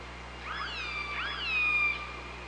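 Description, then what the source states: Killer whale calls, two overlapping harmonic calls that sweep upward, then hold a steady, slightly falling tone before fading, over a constant underwater hiss and hum. Recorded on the OrcaLab hydrophone, 24 August 2017, around 05:45.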